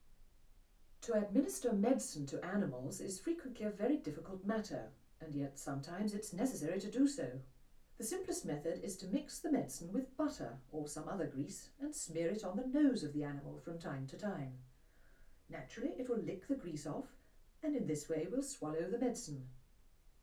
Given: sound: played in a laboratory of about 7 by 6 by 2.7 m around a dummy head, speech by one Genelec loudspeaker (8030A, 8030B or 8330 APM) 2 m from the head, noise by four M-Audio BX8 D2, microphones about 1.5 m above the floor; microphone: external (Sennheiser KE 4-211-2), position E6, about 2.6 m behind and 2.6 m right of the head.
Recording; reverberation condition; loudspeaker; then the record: female speech in English; low; in front (0 degrees)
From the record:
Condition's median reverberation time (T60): about 310 ms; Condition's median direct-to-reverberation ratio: about 3.5 dB